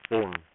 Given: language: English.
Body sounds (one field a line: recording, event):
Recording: throat vibration sensor signal played as sound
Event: speech